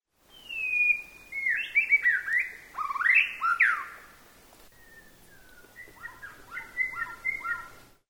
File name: Shama